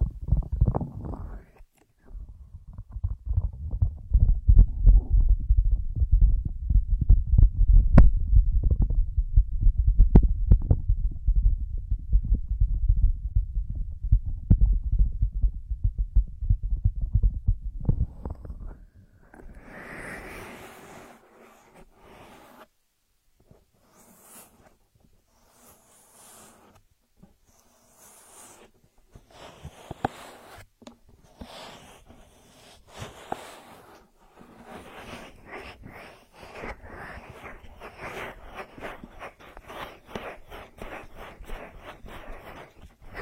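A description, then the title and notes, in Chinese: Ear massage with no voice, opening with about nineteen seconds of deep, muffled rubbing that thumps and rumbles steadily like pressure against the ear. After that it turns quieter and crisper, with irregular scratchy brushes, taps and crackles coming every second or so. 无人声按摩耳朵（声控助眠）。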